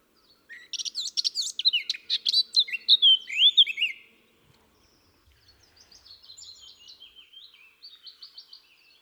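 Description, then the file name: Eurasian blackcap giving a loud, hurried warble of scratchy and clear whistled notes for about three seconds, followed by softer, thinner twittering phrases. "Sylvia atricapilla"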